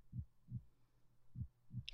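An adult's heartbeat, a teacher's: normal heart sounds, soothing and regular, with low-pitched lub-dub beats in a steady rhythm.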